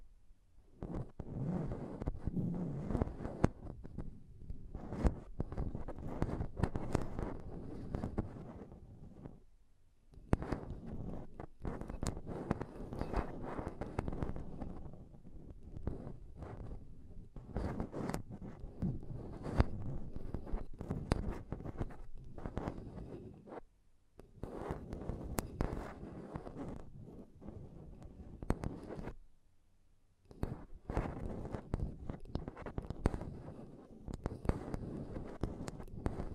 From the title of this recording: Intense Mic Tapping and Scratching Sounds